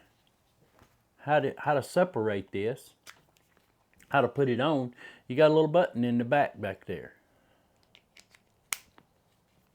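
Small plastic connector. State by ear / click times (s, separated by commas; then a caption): seated / 8.7 s. Someone talks about a plastic quick-release connector with a release button at the back, then pushes it onto a Telesin neck mount for a GoPro and phone. A few soft handling ticks lead up to one sharp click at 8.7 seconds as the connector seats in place.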